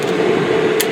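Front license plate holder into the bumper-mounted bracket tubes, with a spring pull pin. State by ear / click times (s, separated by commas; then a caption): seated / 0.8 s. The front license plate holder of a bumper-mounted bracket on a 2024-2026 BMW i5 Non M-Sport is started into the mounting tubes, its spring pull pin is pulled, and the plate is slid along over a steady broadband hum. At 0.8 s a single sharp metallic click rings out as the spring pull pin locks into place. The plate holder is seated and locked in the bracket tubes.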